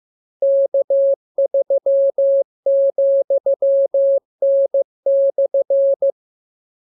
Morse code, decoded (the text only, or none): K3,N/